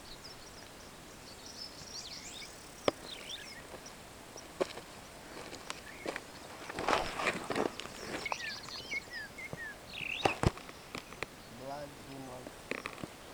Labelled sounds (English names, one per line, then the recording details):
Superb Starling flight call
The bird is a male
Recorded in Kenya on 2 June 2010
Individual 62, of group MRCV